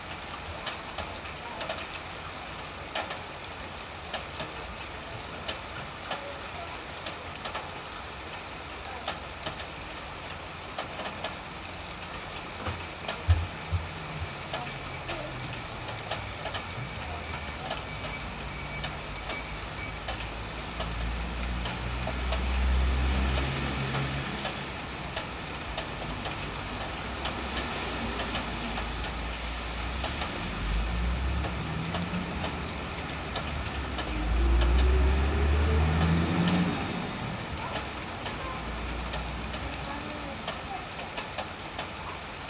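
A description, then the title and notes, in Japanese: Steady, dense rain hisses throughout with scattered drips, while low engine rumbles swell and fade as vehicles pass, loudest near 23 and 35 seconds. ASMR 雨と生活音。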